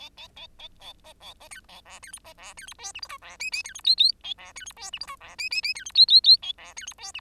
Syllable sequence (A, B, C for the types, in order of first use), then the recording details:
A B A B C A D C E B D C E F G H I D J J C E K K L D C E F G H I D J J J C E K K K L D C E F G. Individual Bird10